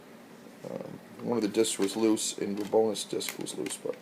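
A loose DVD from an All in the Family: The Complete Series DVD box set is handled over its plastic case center hub, with a few small clicks, the sharpest near the start, while someone talks. Nothing has seated or clicked home yet.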